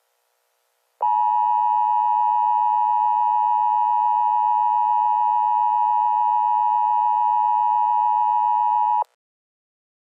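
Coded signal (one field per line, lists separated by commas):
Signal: Emergency Alert System (SAME) tones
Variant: 853 and 960 Hz attention tone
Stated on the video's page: Fictional EAS scenario, a simulated alert rather than a real one.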